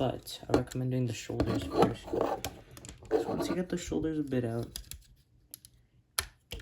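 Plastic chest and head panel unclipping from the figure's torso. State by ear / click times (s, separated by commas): released / 6.2 s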